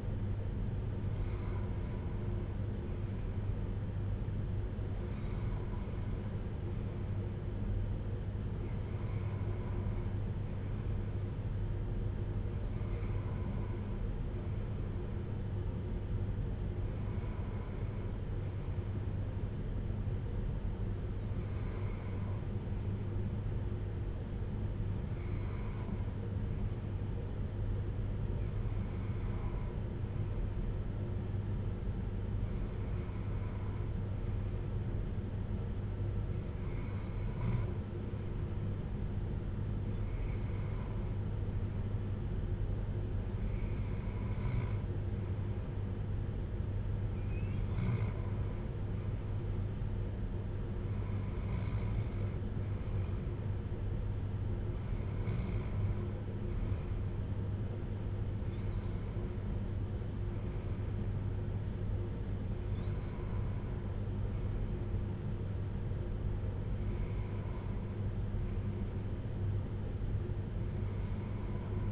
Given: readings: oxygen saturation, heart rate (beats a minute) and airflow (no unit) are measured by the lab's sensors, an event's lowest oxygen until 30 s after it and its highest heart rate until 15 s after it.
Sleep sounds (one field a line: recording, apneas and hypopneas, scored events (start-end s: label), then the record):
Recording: breathing in sleep by a smartphone at the bedside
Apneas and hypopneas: none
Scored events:
5.00-71.92 s: new sleep stage, N2 (light sleep)
From the record:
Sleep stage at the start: N1 (lightest sleep)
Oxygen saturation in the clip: 93 to 94%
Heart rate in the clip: 55 to 61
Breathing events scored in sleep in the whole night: 310 in 8.1 hours asleep